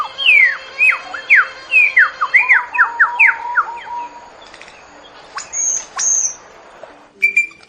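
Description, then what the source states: Bird song of clear whistled notes, a quick series of falling slurs followed by a couple of sharp rising sweeps and a short note at the end. Melodious bird song.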